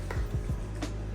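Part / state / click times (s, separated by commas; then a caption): plastic lid onto the hang-on-back filter / not seated / none. A plastic lid is pressed onto a Fluval AquaClear hang-on-back filter, making two brief soft knocks near 0.1 s and 0.8 s over a low steady hum. The lid sits in its grooves but not flush, and nothing has seated or clicked yet.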